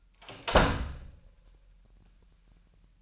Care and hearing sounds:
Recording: daily activity, microphone in the room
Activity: close door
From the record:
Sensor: 2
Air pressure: 998.3 hPa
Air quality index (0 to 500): 137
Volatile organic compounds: 4 ppm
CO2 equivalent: 1549 ppm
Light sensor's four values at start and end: 12/36/14/14 and 12/36/14/14

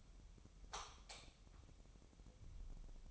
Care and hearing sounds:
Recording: daily activity, microphone in the room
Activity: light off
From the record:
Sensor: 1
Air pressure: 988.4 hPa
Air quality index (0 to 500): 198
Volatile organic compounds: 1000 ppm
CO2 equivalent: 5288 ppm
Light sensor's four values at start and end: 12/37/14/15 and 8/21/8/10

